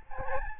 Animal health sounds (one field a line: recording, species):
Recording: mosquito wingbeat signal from an infrared sensor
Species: Aedes albopictus